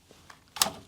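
A push-to-open device is slid backwards along the track of the right pull-out slide of a Rev-A-Shelf 4WCSC waste bin until its arrows line up. After faint light ticks around 0.1 s and 0.3 s, a sharp, bright click at 0.6 s rings briefly. The mechanism is seated on the slide.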